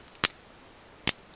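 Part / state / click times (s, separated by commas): leg joint of a transforming action figure / seated / 0.2 s, 1.1 s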